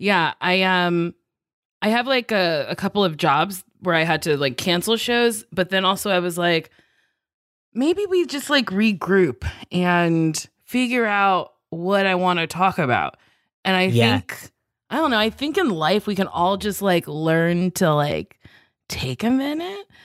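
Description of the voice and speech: A single adult woman talks in a relaxed, conversational way, with frequent "like" fillers and a few hesitations and pauses. Her voice is clear and steady, with ordinary pitch and rhythm. This is typical fluent speech with no voice or speech disorder.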